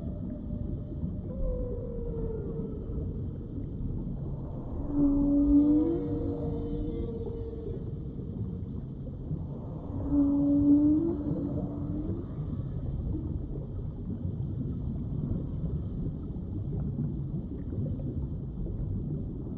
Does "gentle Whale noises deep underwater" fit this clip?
yes